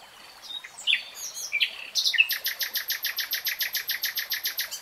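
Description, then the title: Nightingale song opening with a few varied notes, then a long, steady series of many loud repeated notes. Nightingale singing in real time. "[Tiếng chim hót] 3 Hours REALTIME Nightingale Singing"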